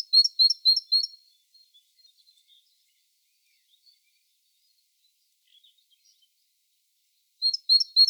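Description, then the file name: Great tit giving fast strings of high, sharp notes at the start and end, with soft scattered clicks between them. "Parus major"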